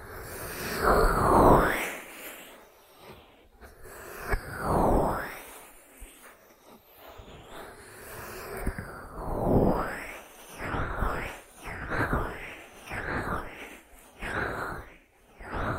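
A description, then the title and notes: An ear massage of soft rubbing and swishing strokes that swell and fade. Slow, separate sweeps come early, near 1, 4 and 9 seconds. From about 10 seconds the strokes quicken into a fairly regular run of shorter brushing passes, with quiet gaps between. ASMR 3D Ear Massage that Penetrates Your Brain (No Talking).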